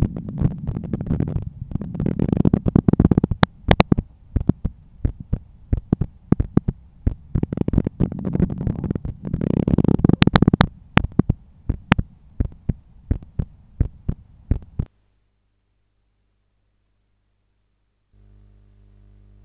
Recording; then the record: heart sounds by stethoscope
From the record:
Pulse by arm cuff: 86 bpm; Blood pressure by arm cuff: 133/84 mmHg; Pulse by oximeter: 88 bpm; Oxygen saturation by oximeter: 96%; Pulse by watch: 88 bpm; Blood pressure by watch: 126/80 mmHg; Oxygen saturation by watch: 96%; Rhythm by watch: sinus rhythm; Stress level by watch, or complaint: low stress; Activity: after 5 min smoking and 1 beer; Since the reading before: plus 3300 steps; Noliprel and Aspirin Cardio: no pills today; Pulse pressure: 49 mmHg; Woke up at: 7:30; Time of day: 21:07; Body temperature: 36.7 C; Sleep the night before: 9 h 22 min, score 68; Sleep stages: REM 22%, light 66%, deep 4%, awake 8%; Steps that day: 11800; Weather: clear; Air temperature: 16.6 C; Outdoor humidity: 79%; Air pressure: 1014 hPa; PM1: 6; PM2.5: 9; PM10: 12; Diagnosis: hypertension, treated with Noliprel and Aspirin Cardio 100 mg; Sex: male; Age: 53 years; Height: 174 cm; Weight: 81 kg